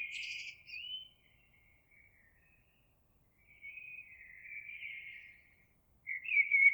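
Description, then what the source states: Eurasian blackbird giving warbled song phrases, the first opening with a high scratchy twitter, then a long, soft fluted phrase and a loud final one. Recorded 26 April 2022.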